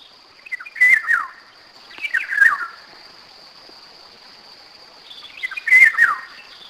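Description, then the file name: Eurasian golden oriole singing rich, liquid whistled phrases that dip and swoop, three phrases with a longer gap before the last, with a constant high-pitched hum and clicks behind. "rigogolo"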